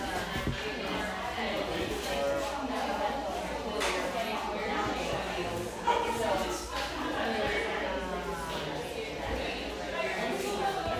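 A humming café by the beach north of San Diego: overlapping voices chatter steadily, with a brief clatter near six seconds.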